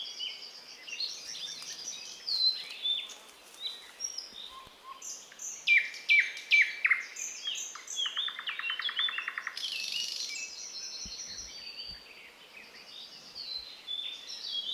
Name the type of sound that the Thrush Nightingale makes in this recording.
song